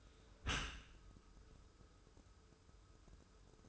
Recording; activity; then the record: daily activity, microphone in the room; close dishwasher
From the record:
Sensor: 2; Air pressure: 1014.8 hPa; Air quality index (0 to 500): 26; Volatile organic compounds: 1 ppm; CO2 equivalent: 508 ppm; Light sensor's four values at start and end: 10/23/9/10 and 10/23/9/10